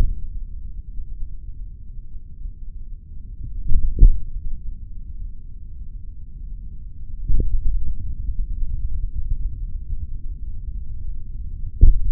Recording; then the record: forearm muscle sounds (acoustic myography)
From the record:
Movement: tripod grip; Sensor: system 3, bracelet of six PUI Audio POM-2738L microphones around the upper forearm, with dedicated amplification and filtering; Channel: 1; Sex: male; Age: 56 years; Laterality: right